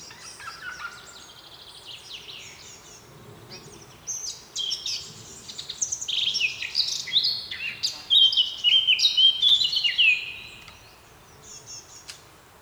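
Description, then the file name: Eurasian blackcap song: soft, rambling warbling that swells into a run of loud, pure whistled notes, then fades. "Sylvia atricapilla"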